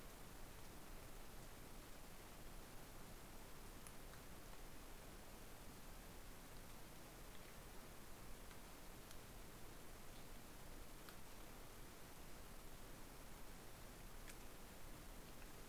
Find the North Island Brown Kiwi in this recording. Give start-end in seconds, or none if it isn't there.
none